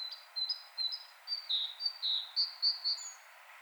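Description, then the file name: Great tit uttering a run of roughly ten whistled notes, dipping slightly lower midway, over a steady background hiss. "Parus major"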